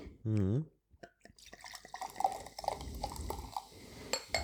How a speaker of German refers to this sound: Und zwar ist es diesmal Träuble. Ich werde die erstmal einschenken. Farbe ist auch sehr schön hier.